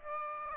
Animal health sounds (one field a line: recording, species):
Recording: mosquito wingbeat signal from an infrared sensor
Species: Aedes aegypti